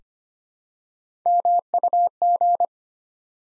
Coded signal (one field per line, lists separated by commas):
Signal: Morse code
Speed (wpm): 25 wpm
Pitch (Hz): 700 Hz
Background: none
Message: MUG